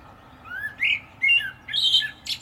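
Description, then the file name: Common blackbird song in one short phrase: two rising fluty whistles followed by a thin, high squeaky flourish. "Turdus merula"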